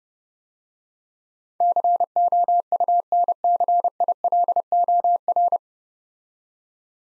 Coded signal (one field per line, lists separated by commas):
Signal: Morse code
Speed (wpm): 28 wpm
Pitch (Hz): 700 Hz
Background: none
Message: COUNCILOR